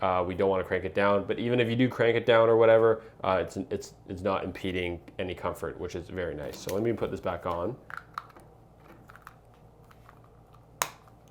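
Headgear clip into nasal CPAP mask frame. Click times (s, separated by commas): 10.8 s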